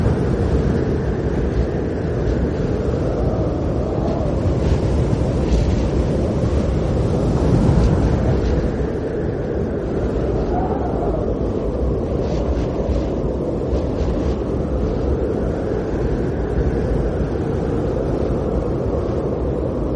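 A snowstorm's wind roars steadily and densely, heavy in the low end with a constant rumble. Slow, sweeping gusts rise and fall every few seconds, with a stronger surge around the eight-second mark. Faint brief rustles, like swaying pine branches, flicker through the upper range.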